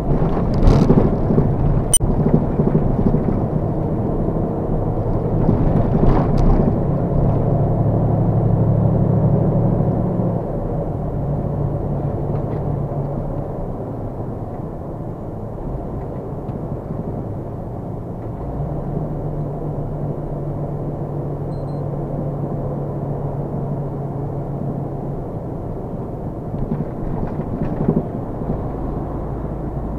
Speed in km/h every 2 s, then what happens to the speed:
42, 45, 50, 52, 55, 56, 58, 50, 40, 37, 34, 34, 32, 31, 31.
0-9 speeds up to 56. 12-30 slows to 31.